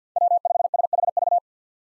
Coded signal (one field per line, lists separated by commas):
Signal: Morse code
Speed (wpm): 48 wpm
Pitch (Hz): 700 Hz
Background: none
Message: W5SHV